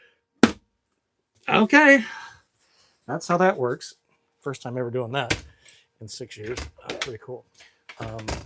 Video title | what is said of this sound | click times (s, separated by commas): WESTFALIA WAVE My FIRST MINUTES in NEW 2025 Class B RV Camper Van | you're probably pretty familiar with this and then it locks in place so | 0.4 s